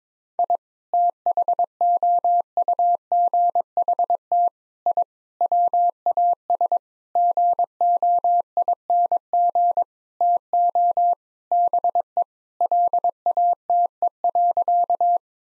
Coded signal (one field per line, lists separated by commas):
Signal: Morse code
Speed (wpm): 22 wpm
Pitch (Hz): 700 Hz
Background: none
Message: I THOUGHT I WAS GOING TO BE LATE.